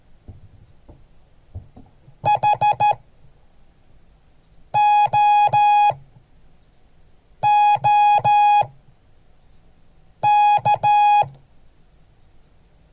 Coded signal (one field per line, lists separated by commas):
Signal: Morse code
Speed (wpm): 13 wpm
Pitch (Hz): 830 Hz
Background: music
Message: HOOK